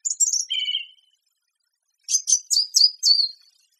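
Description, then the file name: Song thrush song: a high fluty phrase sliding down into a lower warble, then a pause and a quick run of sharp whistled notes. "suara-kicauan-burung-song-thrush -omkicau"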